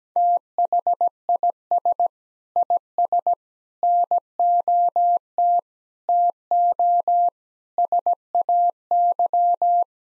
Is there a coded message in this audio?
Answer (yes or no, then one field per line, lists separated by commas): yes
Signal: Morse code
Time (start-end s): 0.2-9.8 s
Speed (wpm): 17 wpm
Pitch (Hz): 700 Hz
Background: none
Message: THIS IS NOT TO SAY